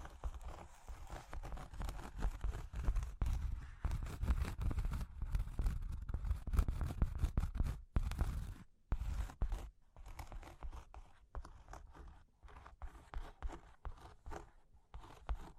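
Cork and wood being scratched and traced, a dense rough rustling that runs almost unbroken through the first half, with a brief gap near eight seconds. Afterward it breaks into shorter strokes and quick taps, sparser and quieter, with frequent pauses.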